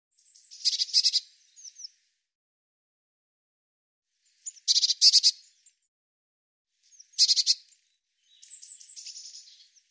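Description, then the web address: Bird singing brief, high, rattling trills, three louder bursts a few seconds apart, ending in a softer twittering phrase. "cianscape birddata Deverinetal Bird Cy Ca"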